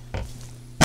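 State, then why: Not seated. A curved, solid-wood overhead cabinet door in a 2019 Serenity is pushed toward its soft-close lock, giving a sharp knock at 0.1 s, a faint tap near 0.4 s, and a louder, brighter bang near 0.8 s. The door has not latched or seated yet.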